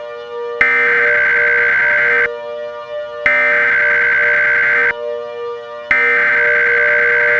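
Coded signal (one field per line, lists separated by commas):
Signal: Emergency Alert System (SAME) tones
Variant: header bursts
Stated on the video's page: Remastered fictional EAS scenario about a Yellowstone supervolcano eruption.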